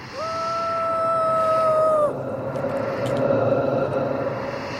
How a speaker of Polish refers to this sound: To uwaga, teraz troszeczkę, postraszymy wiatrem. Uwaga, możesz zrobić huragan nawet.